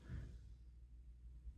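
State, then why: Not seated. An adjustable temple arm of RayNeo Air 2s XR glasses is being handled as it is pushed back through its length-adjustment detents toward the fully-in position in the frame. Only a low, soft handling rumble is heard, with no sharp hits. Nothing has seated or clicked yet.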